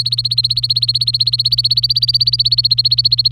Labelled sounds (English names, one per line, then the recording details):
Domestic Canary song
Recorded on 24 April 2018 at 10:34
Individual llb3